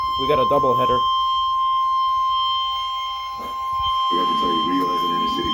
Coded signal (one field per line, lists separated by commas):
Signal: Emergency Alert System (SAME) tones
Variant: 1050 Hz attention tone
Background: speech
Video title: Emergency Alert System Compilation severe weather outbreak, KINDA eas#206